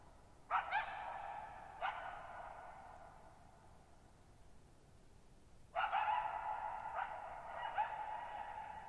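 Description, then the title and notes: Coyote calling: a few barks with a long echoing fade, then after a pause a cluster of further barks. Lone coyote vocalizing at night, July 14, 2019, Thirtymile Meadows, Okanogan National Forest (Okanogan High Country), 6400 ft; high dry plateau among tall mountains, shallow bowl-shaped meadow with very long reverberation. "Lone Coyote at Thirtymile Meadows. I spent the night of July 14, 2019, camped near Thirtymile Meadows in the Okanogan National Forest at 6400 ft (1950 m)"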